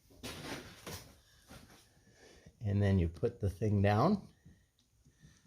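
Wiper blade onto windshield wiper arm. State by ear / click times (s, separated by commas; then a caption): not seated / none. A new Rain-X Silicone Endura windshield wiper blade is brought over to the wiper arm of a 2015 Hyundai Sonata Limited and positioned. Soft handling rustles and a light knock near 0.9 s are heard, then someone talks. Nothing has seated or clicked yet.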